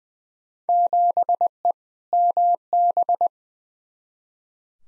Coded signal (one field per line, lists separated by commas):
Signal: Morse code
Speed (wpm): 20 wpm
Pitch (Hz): 700 Hz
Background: none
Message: 7E MB